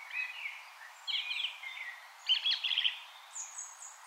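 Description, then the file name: Common blackbird song, fairly quiet: several mellow warbled phrases followed by a burst of squeaky twittering notes and a thin high ending, over a hissy background. "Turdus merula"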